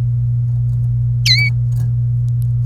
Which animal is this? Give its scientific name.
Serinus canaria